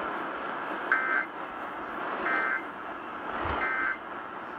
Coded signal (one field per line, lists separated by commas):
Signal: Emergency Alert System (SAME) tones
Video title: FIRST PDS TORR...IN FEBRUARY?! EAS Compilation (2/24/18) (EAS 556-565)